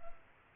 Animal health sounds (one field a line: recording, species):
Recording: mosquito wingbeat signal from an infrared sensor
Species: Culex pipiens